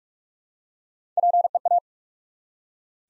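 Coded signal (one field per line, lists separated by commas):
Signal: Morse code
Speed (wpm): 44 wpm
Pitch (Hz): 700 Hz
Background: none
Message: PEA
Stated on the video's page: 45 wpm Morse practice building four-letter words one letter at a time, for instant character recognition.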